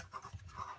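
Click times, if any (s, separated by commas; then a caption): none. A plastic wheel from the dishwasher filter assembly is handled and lined up to go back onto the dishwasher's lower sump, with soft scraping and low thumps across the 0.8 s clip. The wheel has not seated or clicked down into place yet.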